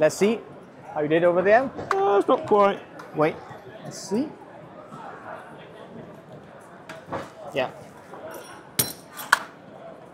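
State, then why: Seated. A center piece is slid over a flat-roof solar mounting frame while someone talks, and a first try is not quite home. After a few softer knocks, sharp clicks at 8.8 and 9.3 seconds mark it clicking in place, and everything is locked.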